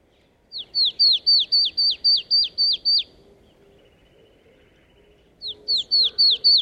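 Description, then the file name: Marsh tit repeating sharp downslurred high notes, about ten in quick even succession, a pause of over two seconds, then a second shorter run of similar notes. "Poecile palustris"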